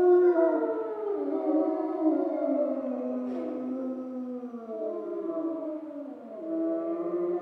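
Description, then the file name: Grey wolf: grey wolves in a group howl, long sustained notes at different pitches crossing one another, with one voice swooping down near the end. Wolves recorded in Schorfheide on 29 October 2015. "Wölfe und Kolkrabe Schorfheide 151029"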